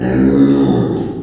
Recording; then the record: squeal of a Yucatan mini pig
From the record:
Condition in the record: before surgery on the right vocal fold (resection and tissue-engineered implant); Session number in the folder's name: 3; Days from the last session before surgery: 0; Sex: female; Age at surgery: 19 weeks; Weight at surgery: 25 kg